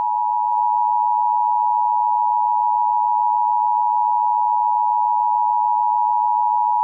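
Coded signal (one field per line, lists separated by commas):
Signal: Emergency Alert System (SAME) tones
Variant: 853 and 960 Hz attention tone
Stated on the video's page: Fictional EAS scenario, simulated alert.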